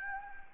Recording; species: mosquito wingbeat signal from an infrared sensor; Anopheles gambiae